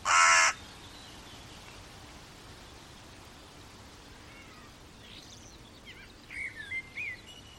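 Bird uttering one harsh caw at the start, followed by quiet hiss and a few faint, high chirps toward the end.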